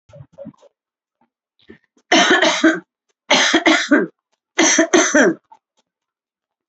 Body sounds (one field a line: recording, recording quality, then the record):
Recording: heavy voluntary cough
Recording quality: excellent, no background noise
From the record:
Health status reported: healthy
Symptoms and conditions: none ticked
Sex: female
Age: 58 years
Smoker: not ticked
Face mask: not worn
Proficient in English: yes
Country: India